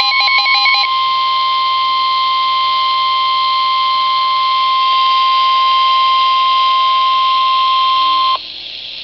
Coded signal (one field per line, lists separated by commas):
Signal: Emergency Alert System (SAME) tones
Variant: 1050 Hz attention tone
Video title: [2x HEADER] Special Marine/Severe Thunderstorm Warning [EAS 22-23] | NOAA Weather Radio (6/12/2011)